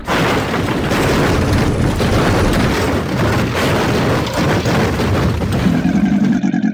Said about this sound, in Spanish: Un breve silencio Merlín percibió. Entonces la tierra se estremeció.